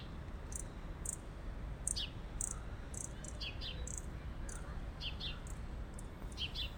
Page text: Picaflor Bronceado (Hylocharis chrysura). Diego Oscar